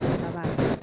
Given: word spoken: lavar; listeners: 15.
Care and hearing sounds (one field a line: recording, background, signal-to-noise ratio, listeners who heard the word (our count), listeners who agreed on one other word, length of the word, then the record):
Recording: one Spanish word in noise, from a listening test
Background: noise modulated by one talker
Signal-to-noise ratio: -8.7 dB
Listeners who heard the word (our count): 1 of 15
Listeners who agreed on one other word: 6 of 15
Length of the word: 0.43 s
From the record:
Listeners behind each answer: 6, 5, 1, 1, 1, 1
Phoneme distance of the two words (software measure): 10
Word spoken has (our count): 2 syllables, 5 phonemes, stress on syllable 2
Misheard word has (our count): 2 syllables, 5 phonemes, stress on syllable 2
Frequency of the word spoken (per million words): 11.24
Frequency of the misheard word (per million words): 1.55